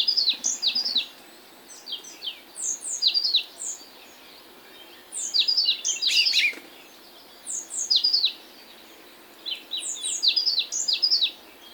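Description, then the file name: African blue tit singing short bursts of sharp, downslurred high notes, several phrases separated by pauses of one to two seconds, with a brief knock midway. Canary Islands subspecies teneriffae. "Fernand DEROUSSEN - Afrikanskaya lazorevka Cyanistes caeruleus teneriffae"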